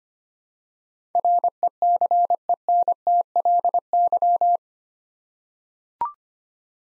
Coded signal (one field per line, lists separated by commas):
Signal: Morse code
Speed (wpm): 25 wpm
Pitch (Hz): 700 Hz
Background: none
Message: RECENTLY